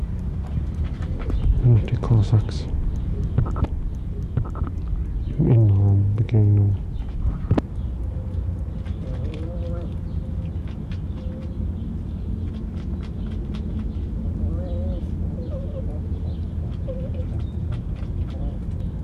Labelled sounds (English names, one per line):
Corsac Fox